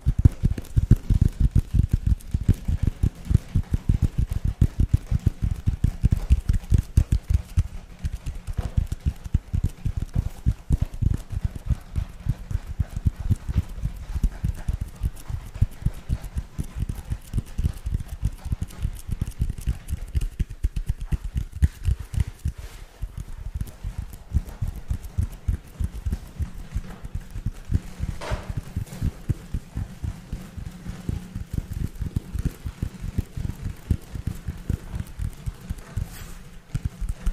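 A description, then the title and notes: Rapid tapping runs throughout, a dense, fast stream of short knocks that barely pauses. The taps are mostly low and dull with a thin brighter edge, slightly louder in the first few seconds and then steady, with a brief lull near 22 seconds. Tapping Overload.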